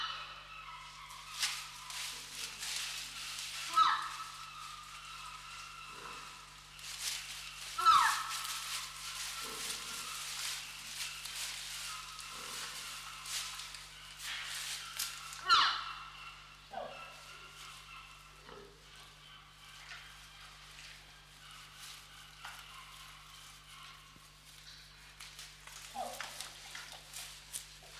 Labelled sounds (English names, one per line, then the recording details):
Red River Hog call
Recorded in captivity
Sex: pair
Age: adult
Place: Zoo Berlin, Berlin, DE
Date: 1995-03-04 10:00
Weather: heiter bis wolkig, 1 - 5 °C
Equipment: Marantz CP 130, Sennheiser ME 80, Kopie Uher Variocord 263
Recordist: Tembrock, Günter